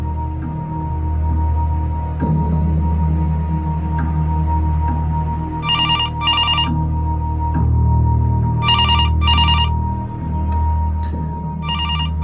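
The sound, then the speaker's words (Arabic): A telephone at a reception desk rings at 11 p.m. during an evening shift. It gives two bright, trilling double bursts separated by a pause, over a steady low background rumble with no one speaking. “المفروض مش انا اللي ارد على التليفون في الفترة الاولانية، بس زميلي قال وقال لو سمحت رد عشان بس أنا أشوف المشكلة اللي أنا فيها دي.”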